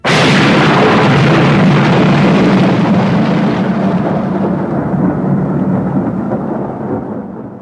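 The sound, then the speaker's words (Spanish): A loud thunderclap bursts in suddenly, then rolls into a long, deep rumble that slowly fades as its bright crackle dies away, over a steady wash of rain falling at night on a mountain. No voices. “Dos amigos habían decidido ir de excursión, pero la lluvia había mojado la tienda de camping y, con sus mochilas al hombro, caminaban por el monte en la oscura noche.”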